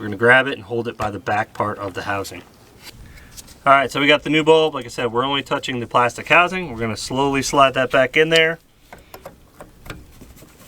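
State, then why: Seated. Someone talks for most of the clip while a new headlight bulb for a Toyota Sienna, held only by its plastic base, is slid slowly back into the headlight housing. After the talking stops, a few faint taps and handling sounds follow as the bulb is rotated down. It clicks and locks into the housing at 9.9 seconds.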